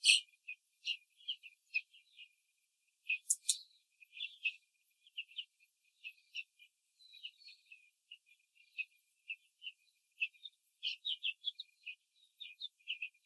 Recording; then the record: young laying hens in a cage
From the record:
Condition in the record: control cage, after the stress test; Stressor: none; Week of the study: 4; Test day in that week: 3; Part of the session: 2